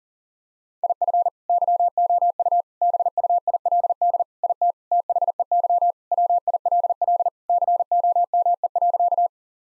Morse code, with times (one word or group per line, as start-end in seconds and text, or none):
0.8-1.3 IF
1.5-2.6 YOU
2.8-4.2 BUILD
4.4-4.7 IT
4.9-5.9 THEY
6.1-7.3 WILL
7.5-9.3 COME.